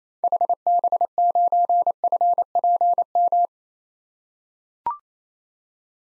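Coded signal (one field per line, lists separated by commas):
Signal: Morse code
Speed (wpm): 28 wpm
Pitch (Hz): 700 Hz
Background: none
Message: HB9FPM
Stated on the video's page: Head-copy drill of common SOTA activator call signs in Morse at 28 wpm, each sent, spoken, then sent again.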